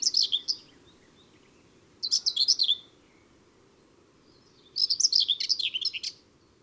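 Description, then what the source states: Common whitethroat singing brief scratchy warbles, three quick chattering bursts roughly every two to three seconds, the last longer, over a faint low hum. Recorded in June.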